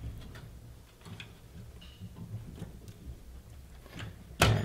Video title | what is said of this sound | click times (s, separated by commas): SUPER EASY WAY TO FIX MOST SONY LCD TV KDL- PICTURE SCREENS !!! | make sure you hear that click | 4.4 s